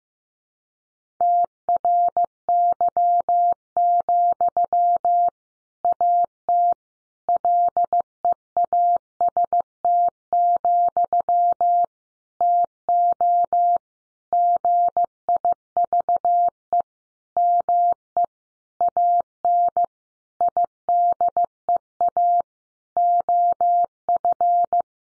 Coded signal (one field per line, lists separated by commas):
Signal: Morse code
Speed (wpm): 15 wpm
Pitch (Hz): 700 Hz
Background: none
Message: TRY, AT LEAST, TO GIVE ME AN IDEA OF